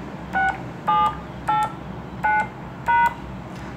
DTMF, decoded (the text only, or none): 6789#